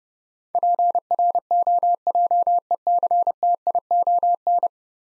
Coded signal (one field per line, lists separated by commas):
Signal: Morse code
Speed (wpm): 30 wpm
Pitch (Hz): 700 Hz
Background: none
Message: PROJECTION